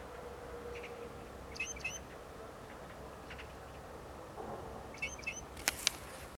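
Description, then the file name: Chinese grey shrike giving a few faint, brief notes in two clusters, then a couple of sharp clicks near the end. "Golosa ptic - Klinohvostyj sorokoput Lanius sphenocercus"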